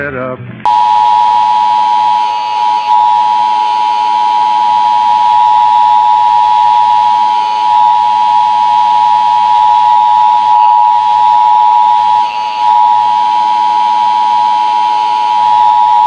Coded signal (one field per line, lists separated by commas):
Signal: Emergency Alert System (SAME) tones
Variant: 853 and 960 Hz attention tone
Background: speech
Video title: Jeepers creepers EAS scenario